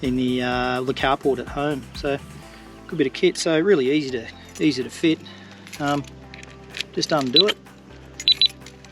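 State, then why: Released. An alarmed hitch lock on a caravan coupling is undone while someone talks over background music. Two sharp clicks sound at 8.3 s and 8.4 s. The two clicks mean the lock is released and unarmed.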